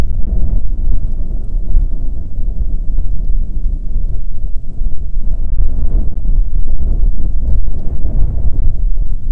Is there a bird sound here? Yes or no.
no